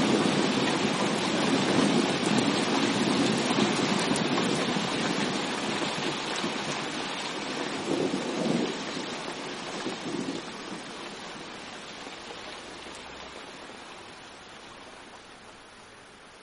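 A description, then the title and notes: A heavy thunderstorm pours down as a dense, steady hiss of rain filling the highs and mids. A couple of brief swells rise near the eight- and ten-second marks, and then the downpour slowly grows quieter toward the end. Heavy Thunderstorm Sounds.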